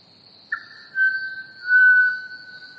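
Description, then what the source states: Pied Butcherbird singing one long, pure whistled note that swells in loudness midway, set against a continuous high-pitched trill of crickets. Recorded alongside chirping crickets.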